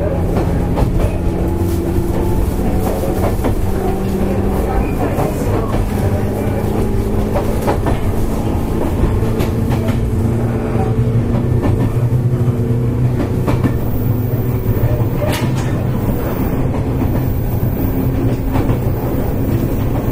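A JR West 105 series electric train runs steadily, a dense low rumble with humming motor tones that slowly rise and fall in pitch. Faint rhythmic clicks and clatters from the wheels come through, and a thin high whine appears near the end.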